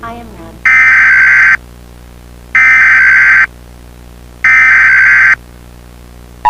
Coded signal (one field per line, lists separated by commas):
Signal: Emergency Alert System (SAME) tones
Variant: header bursts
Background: speech